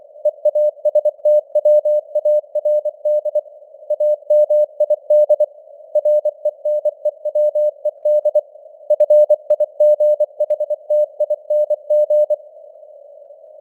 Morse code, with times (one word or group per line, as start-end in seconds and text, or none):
0.3-3.4 EASTWARD
3.9-5.4 AMID
6.0-8.4 RENEWED
8.9-12.3 FIGHTING